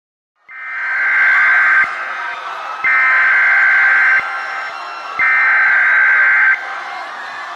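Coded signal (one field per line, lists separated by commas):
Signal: Emergency Alert System (SAME) tones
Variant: header bursts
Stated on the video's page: Fictional EAS scenario, simulated alert about the Moon crashing to Earth.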